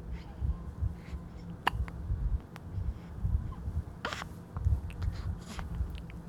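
About three sharp, abrupt bursts stand out over a constant low rumble, roughly one every second or so. These are hiccups: sudden involuntary spasms of the diaphragm that snap the vocal cords shut.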